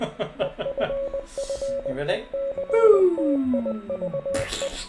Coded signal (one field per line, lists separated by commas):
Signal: Morse code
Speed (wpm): 20 wpm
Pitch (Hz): 550 Hz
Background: speech, music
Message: EFFECTIVE